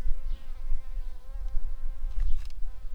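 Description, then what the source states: Shrill carder bee giving a steady droning buzz with a strong hum, wavering slightly in loudness, over rumbling low background noise. Workers.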